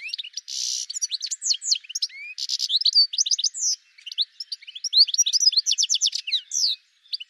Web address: cianscape birddata Deverinetal 2025 Bird Ca Ca Ca Ca